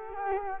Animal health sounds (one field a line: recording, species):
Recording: mosquito wingbeat signal from an infrared sensor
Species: Culex quinquefasciatus